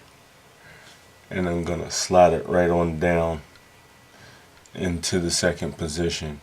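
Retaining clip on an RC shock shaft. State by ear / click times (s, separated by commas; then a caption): not seated / none. A retaining clip is being slid down the metal shaft of an RC car shock toward the second groove position while someone talks. Only speech and faint background noise are heard. Nothing has seated or clicked yet.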